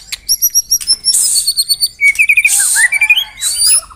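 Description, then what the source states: White-rumped shama song: buzzy harsh notes mixed with rapid clear whistles and short rising slurs. Lure (pikat) song of white-rumped shama.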